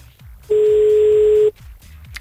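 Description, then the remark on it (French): A single steady telephone ringing tone from an outgoing call to Oudanguin, placed live on a radio show, sounds for about a second, loud and mid-pitched, then cuts off, leaving a faint low background hum. “Appel, premier passage, c'est parti.”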